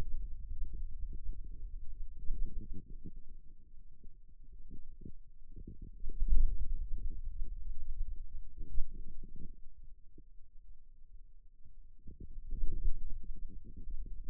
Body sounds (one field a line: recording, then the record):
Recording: forearm muscle sounds (acoustic myography)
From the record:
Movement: ulnar deviation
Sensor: system 2, bracelet of six BSWA MPA416 microphones around the upper forearm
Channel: 5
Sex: male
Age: 22 years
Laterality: right